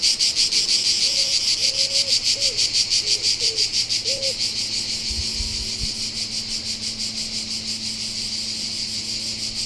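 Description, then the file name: Cicada song: a steady shrill buzz with a rhythmic pulse of about three per second, easing slightly in loudness, with a few faint lower calls and a brief thump midway. "Cigales"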